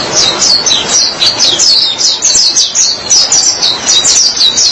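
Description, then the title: White-eye producing quick, high chirping notes in rapid succession, forming a lively continuous twitter. "Kicauan Burung Pleci"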